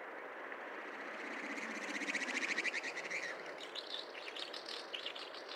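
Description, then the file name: Snipe giving a quick pulsed rattle that rises in loudness, then breaks into scattered buzzy notes over a rushing background. Recorded at Belaya Uba, Kazakhstan, on 18 May 2011. "110518 shsnipe-DF-SOC kz bjelaja-uba"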